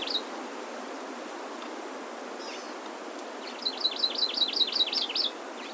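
Hawaii amakihi trill: a rapid run of high notes near the end, after a brief high note at the start and a faint chip, over steady hiss.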